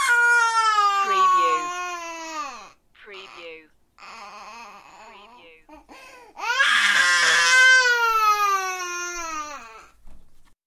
Baby Crying.